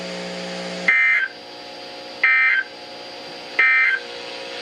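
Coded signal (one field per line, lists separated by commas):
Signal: Emergency Alert System (SAME) tones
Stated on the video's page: Annual statewide tornado drill tones from weather radio stations on 162.550 and 162.475 MHz, 1000 watts each.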